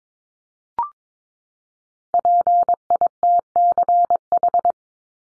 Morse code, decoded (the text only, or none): PITCH